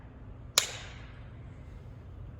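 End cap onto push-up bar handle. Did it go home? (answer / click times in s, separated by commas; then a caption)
yes / 0.6 s. A plastic end cap, lined up by its dot with the handle of a push-up bar, is pushed on until it snaps into place. A single sharp snap is heard at 0.6 s against a low background hum, and the cap is seated on the handle.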